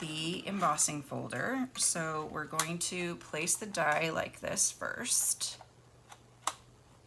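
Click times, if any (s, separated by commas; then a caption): 6.5 s. Someone talks while placing a thin metal cutting die into the recess of a thick 3D plastic embossing folder. After the talking stops, a faint tap comes at 6.1 seconds, then a sharp click at 6.5 seconds as the die is pressed until it sits flush and locks into the folder.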